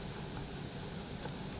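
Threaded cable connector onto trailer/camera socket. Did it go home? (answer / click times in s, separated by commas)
no / none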